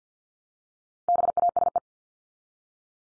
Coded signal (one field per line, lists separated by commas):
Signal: Morse code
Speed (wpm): 50 wpm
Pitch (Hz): 700 Hz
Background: none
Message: BASE